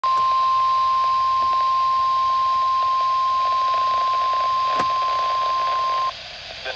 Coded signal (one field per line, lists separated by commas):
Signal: Emergency Alert System (SAME) tones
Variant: 1050 Hz attention tone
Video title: EAS #614 Severe Thunderstorm Warning